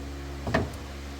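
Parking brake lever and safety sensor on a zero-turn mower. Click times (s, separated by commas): 0.6 s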